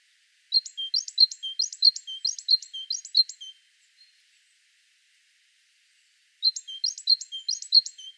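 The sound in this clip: Great tit delivering a rhythmic run of sharp two-note phrases, high then lower, pausing for a few seconds before resuming the same repeated pattern.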